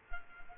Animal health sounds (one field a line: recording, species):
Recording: mosquito wingbeat signal from an infrared sensor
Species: Culex quinquefasciatus